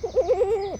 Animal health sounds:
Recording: contact call of a hoofed animal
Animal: goat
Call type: low-frequency (closed-mouth) or high-frequency (open-mouth) call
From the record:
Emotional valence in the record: negative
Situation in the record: short social isolation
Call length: 0.79 s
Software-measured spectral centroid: 1300 Hz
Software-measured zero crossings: 1260 a second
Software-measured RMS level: -23 dBFS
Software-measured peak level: -12 dBFS

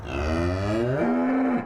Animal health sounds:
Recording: contact call of a hoofed animal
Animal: cattle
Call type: low-frequency (closed-mouth) or high-frequency (open-mouth) call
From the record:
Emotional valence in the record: negative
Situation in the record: full separation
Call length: 1.66 s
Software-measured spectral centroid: 1280 Hz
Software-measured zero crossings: 1010 a second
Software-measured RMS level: -24 dBFS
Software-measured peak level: -13 dBFS

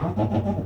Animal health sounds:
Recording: contact call of a hoofed animal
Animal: goat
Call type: low-frequency (closed-mouth) or high-frequency (open-mouth) call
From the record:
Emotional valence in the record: positive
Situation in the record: food anticipation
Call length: 0.66 s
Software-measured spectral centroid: 960 Hz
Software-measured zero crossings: 670 a second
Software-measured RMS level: -24 dBFS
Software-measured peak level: -12 dBFS

